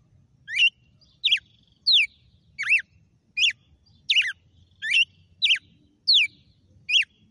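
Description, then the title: Red-cowled cardinal singing a run of ten crisp, downslurred whistled notes at a brisk pace, against quiet low background. Female red-cowled cardinal named Fenrir, singing; the song style heard is called açoite. "Canto Galo Campina Fêmea 06. GALO DE CAMPINA FENRIR - HJ FOI AÇOITE VIU??"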